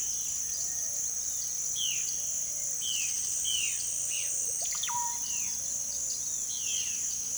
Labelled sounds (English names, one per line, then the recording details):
Violaceous Jay
Russet-backed Oropendola
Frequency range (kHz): Violaceous Jay 1.3-4.3 kHz
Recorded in pastures near Puerto Asís, Putumayo, Colombia, on 18 February 2024 at 17:30
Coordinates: 0.466, -76.323
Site G6384